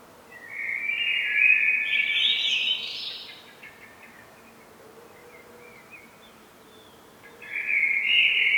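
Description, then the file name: Common blackbird song: a loud, rich, fluty warbled phrase rising in pitch, then a quiet gap, then the start of another whistled phrase. "Turdus merula"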